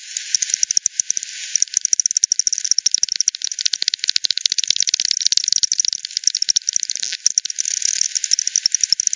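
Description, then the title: Bats keep up a continuous, rapid clicking with irregular bursts and brief lulls throughout. Multiple bats at Hogsmill River, Hogsmill Lane, 7 October 2020 at 18:10; frequency-divided by ten, bandpass-filtered and resampled. "WW bat 20201007 T 18 : 10 Z-Hogsmill-Lane-Hogsmill-River-multiple-bats"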